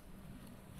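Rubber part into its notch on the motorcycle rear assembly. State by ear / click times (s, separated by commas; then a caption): not seated / none. On the rear end of a Yamaha TDR 125 during reassembly, a small rubber box-like part with a hollowed notch groove is handled and pressed toward its notch in the rear assembly. Only a steady low hum and broadband background noise are heard, with no distinct hits. Nothing has seated or clicked yet.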